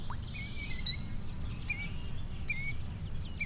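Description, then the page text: Killdeer giving a drawn-out, wavering cry followed by short sharp calls about once a second, with low background hiss. "Mike Nelson - Крикливый зуек (Charadrius vociferus)"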